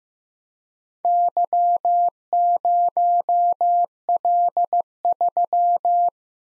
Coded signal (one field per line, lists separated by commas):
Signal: Morse code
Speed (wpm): 18 wpm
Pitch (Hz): 700 Hz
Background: none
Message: Y0L3